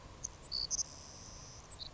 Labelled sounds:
Savannah Sparrow
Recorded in Sonoma County, California

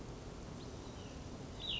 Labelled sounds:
Cassin's Vireo
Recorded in Sonoma County, California

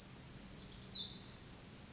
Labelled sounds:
Pacific Wren
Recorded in Sonoma County, California

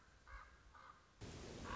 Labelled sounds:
Common Raven
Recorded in Sonoma County, California

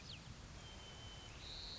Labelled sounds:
White-crowned Sparrow
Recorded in Sonoma County, California

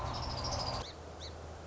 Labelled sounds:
Song Sparrow
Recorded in Sonoma County, California

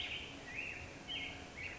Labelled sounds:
Black-headed Grosbeak
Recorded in Sonoma County, California

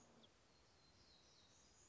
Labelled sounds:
Black-throated Gray Warbler
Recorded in Sonoma County, California

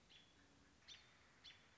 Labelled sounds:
American Robin
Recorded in Sonoma County, California

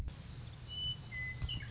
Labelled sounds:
Western Meadowlark
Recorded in Sonoma County, California

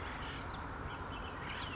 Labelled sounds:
Bullock's Oriole
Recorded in Sonoma County, California

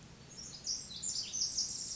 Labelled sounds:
Pacific Wren
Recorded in Sonoma County, California

